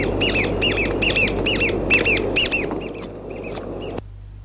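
Chatham Island oystercatcher uttering repeated loud, shrill piping notes in quick succession, fading to a few weaker calls before stopping, with constant low rumbling noise beneath.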